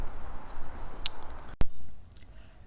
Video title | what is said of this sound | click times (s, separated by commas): MagBak RimCase - Is it worth it? | you can hear it click | 1.1 s, 1.6 s